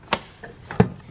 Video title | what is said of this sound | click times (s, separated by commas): 500HP R33 Skyline Finishing Touches | Look at it, it just pops right in there. | 0.1 s